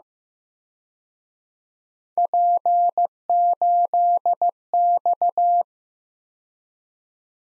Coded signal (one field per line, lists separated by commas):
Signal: Morse code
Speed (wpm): 18 wpm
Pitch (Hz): 700 Hz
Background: none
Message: P8X